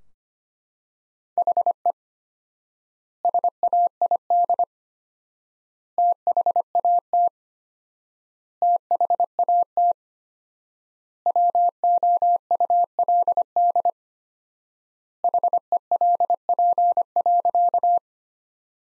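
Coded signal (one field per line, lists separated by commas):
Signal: Morse code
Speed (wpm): 25 wpm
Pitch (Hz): 700 Hz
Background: none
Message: HE SAID THAT THAT WOULD HELP.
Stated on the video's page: Morse practice sentences from the top 200 words at 25 wpm with 4x standard word spacing, a word-based Farnsworth-like method for head-copy practice.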